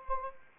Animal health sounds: mosquito wingbeat signal from an infrared sensor; Anopheles arabiensis

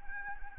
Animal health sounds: mosquito wingbeat signal from an infrared sensor; Anopheles arabiensis

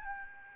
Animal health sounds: mosquito wingbeat signal from an infrared sensor; Aedes albopictus

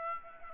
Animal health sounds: mosquito wingbeat signal from an infrared sensor; Aedes aegypti

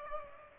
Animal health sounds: mosquito wingbeat signal from an infrared sensor; Aedes aegypti

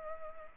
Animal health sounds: mosquito wingbeat signal from an infrared sensor; Culex pipiens

